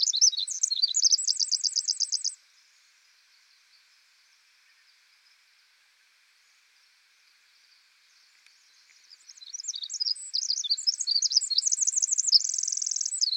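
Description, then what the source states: High, rapid Pacific wren trills and twitters, then a long quiet gap, then the song resumes with tumbling warbled notes ending in a fast buzzy trill. Very loud, lively and incessantly vocal, with unique vocalizations.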